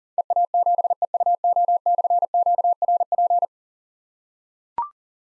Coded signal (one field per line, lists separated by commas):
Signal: Morse code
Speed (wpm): 43 wpm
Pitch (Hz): 700 Hz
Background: none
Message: EA7EUO/QRP